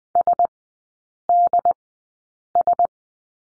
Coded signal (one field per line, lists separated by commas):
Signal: Morse code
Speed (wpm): 20 wpm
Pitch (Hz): 700 Hz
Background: none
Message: SDS